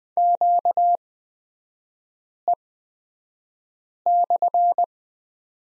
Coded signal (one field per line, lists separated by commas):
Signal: Morse code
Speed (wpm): 20 wpm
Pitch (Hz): 700 Hz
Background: none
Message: QE/